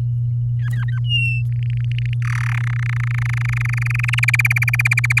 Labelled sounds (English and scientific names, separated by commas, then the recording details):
Domestic Canary (Serinus canaria) song
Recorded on 11 May 2018 at 05:36
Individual llb16